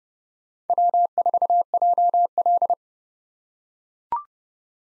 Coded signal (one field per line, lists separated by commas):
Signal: Morse code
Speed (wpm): 31 wpm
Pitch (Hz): 700 Hz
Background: none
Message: W4JL